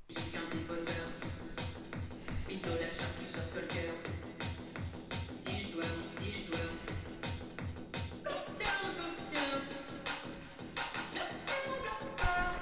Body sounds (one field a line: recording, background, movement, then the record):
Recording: deep breathing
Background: music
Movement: sitting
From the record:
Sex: male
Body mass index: 21.0 kg/m2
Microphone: on the chest, facing outward